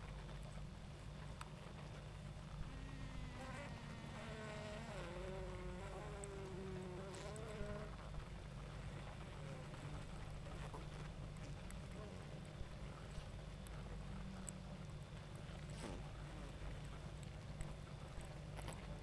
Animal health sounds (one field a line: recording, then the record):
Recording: honeybee colony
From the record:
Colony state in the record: active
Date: 28 July 2017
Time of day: 21:22